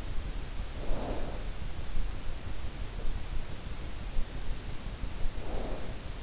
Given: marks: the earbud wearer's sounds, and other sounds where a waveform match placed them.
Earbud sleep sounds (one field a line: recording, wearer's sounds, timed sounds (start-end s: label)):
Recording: sounds in sleep by an in-ear microphone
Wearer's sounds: snoring breath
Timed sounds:
0.79-1.39 s: snoring breath
5.45-5.94 s: snoring breath